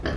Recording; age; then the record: pig call; growing-finishing pig (85 days or more)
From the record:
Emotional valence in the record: negative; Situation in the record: barren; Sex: female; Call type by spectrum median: low-frequency call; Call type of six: low-frequency modulated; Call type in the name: low-frequency modulated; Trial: 3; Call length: 0.16 s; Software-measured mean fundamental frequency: 46 Hz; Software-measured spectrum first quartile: 173 Hz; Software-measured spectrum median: 481 Hz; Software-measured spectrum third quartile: 1336 Hz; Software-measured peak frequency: 64 Hz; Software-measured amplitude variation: 119 dB a second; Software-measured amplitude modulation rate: 15.4 a second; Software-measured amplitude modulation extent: 7.7 dB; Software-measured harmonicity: -0.5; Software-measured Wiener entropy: -1.45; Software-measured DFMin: 956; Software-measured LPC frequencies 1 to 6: 468, 1711, 3125, 3993, 4583, 4977 Hz